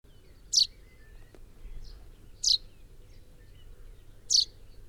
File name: Fringilla coelebs 180719